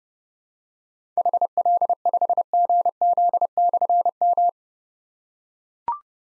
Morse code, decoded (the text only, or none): HL5GZ/M